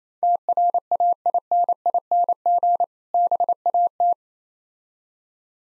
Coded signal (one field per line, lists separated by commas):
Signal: Morse code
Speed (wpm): 28 wpm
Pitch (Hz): 700 Hz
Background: none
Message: TRAINING BAT